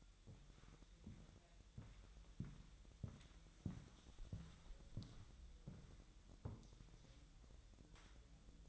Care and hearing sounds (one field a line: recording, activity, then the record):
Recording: daily activity, microphone in the room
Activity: walk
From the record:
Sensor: 3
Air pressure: 1001.9 hPa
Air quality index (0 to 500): 245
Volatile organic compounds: 119 ppm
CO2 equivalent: 3868 ppm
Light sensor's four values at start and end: 9/21/9/9 and 9/21/9/9